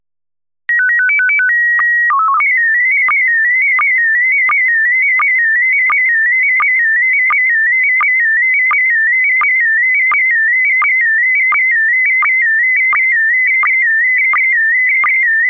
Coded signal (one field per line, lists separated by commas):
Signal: SSTV (slow-scan television)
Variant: PD 90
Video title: Slow Scan Radio, 12 September 2018, Ep. 8